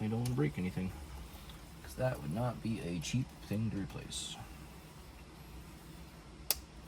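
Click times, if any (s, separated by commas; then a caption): 6.5 s. While reinstalling a steering wheel button assembly, someone talks as a colour-coded wiring connector is pushed into its mating harness plug. It gives one sharp click at 6.5 s, and the connector is seated.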